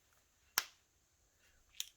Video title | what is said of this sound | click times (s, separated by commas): 30th Birthday Art Haul October 2021: I've waited a long time for one of them! | There's a click. | 0.6 s